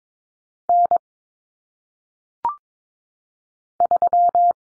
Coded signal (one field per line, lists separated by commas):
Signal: Morse code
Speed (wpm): 22 wpm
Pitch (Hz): 700 Hz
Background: none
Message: N 3